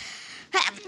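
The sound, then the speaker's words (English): A single sharp sneeze bursts out abruptly, loud and brief, breaking a quiet hiss and trailing off into a softer breathy sound. “Can you sneeze away from the microphone?”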